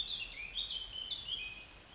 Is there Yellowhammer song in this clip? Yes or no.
no